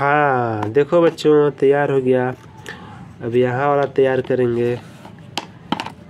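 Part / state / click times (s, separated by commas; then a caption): plastic wheel onto toy vehicle axle / seated / 5.4 s. Someone talks, then a plastic wheel is pressed onto the axle of a toy vehicle, giving a sharp snap at 5.4 s as the second wheel locks in place. A few smaller clicks follow just after.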